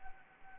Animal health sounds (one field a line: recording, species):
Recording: mosquito wingbeat signal from an infrared sensor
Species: Anopheles arabiensis